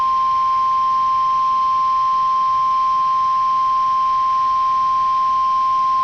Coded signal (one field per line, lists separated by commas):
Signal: Emergency Alert System (SAME) tones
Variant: 1050 Hz attention tone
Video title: Sage Relay: WXL52 Weekly Test (11/3/21)(EAS 975)